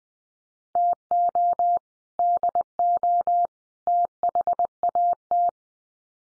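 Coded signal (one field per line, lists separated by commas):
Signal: Morse code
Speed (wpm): 20 wpm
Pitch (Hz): 700 Hz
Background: none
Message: TO DO THAT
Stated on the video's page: Head-copy drill of common three-word groups at 20 wpm, each sent in Morse, spoken, then sent again.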